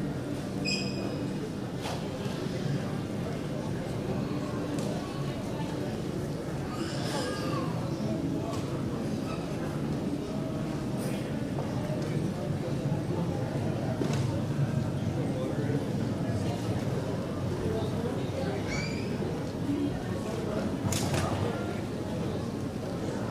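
Airport terminal crowd murmur stays steady, with overlapping voices, occasional bright clinks near 1, 7 and 21 seconds, and footsteps.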